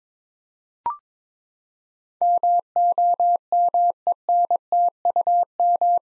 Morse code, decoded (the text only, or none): MOMENTUM